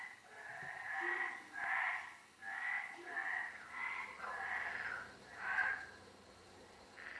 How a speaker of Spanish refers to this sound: Detrás de la cocina hay una piscina casi oculta entre la maleza. Lleva mucho tiempo con la misma agua empozada. Dentro está lleno de rana.